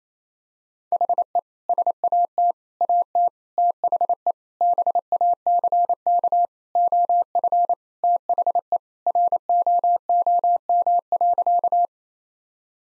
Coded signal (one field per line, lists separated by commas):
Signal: Morse code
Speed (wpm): 28 wpm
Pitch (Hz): 700 Hz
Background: none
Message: HE SAT AT THE BACK OF THE ROOM.